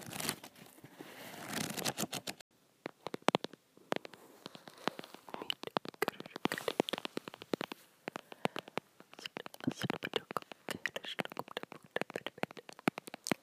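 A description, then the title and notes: Book tapping and flipping, dry. It opens with a rustling sweep of pages for about two seconds, then moves to quick, irregular taps and soft crackly page sounds that continue densely to the end, with brief pauses between bursts. Book tapping and flipping.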